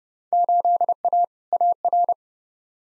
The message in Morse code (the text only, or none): 8A AR